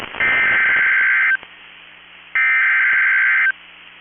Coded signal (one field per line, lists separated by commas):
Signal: Emergency Alert System (SAME) tones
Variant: header bursts